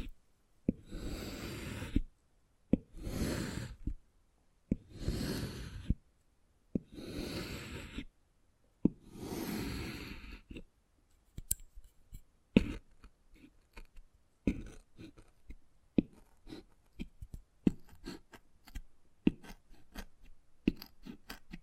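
Wood carving: five long, regular scraping strokes fill the first half, then quick irregular taps and clicks, some sharp, carry to the end.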